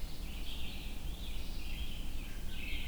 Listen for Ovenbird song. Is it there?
no